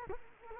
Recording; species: mosquito wingbeat signal from an infrared sensor; Culex quinquefasciatus